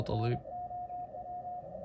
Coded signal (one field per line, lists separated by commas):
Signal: Morse code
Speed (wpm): 26 wpm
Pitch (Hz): 720 Hz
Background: speech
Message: NOW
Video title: EFHW INV L VS. 40m Delta Loop vs Mosley TA33. After reconfiguring loop